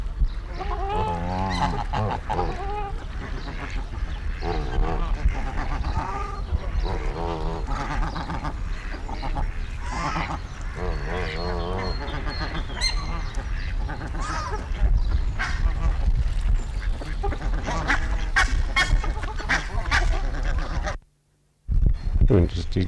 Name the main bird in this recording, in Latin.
Branta canadensis